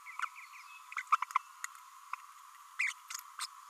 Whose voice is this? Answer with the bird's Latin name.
Forpus passerinus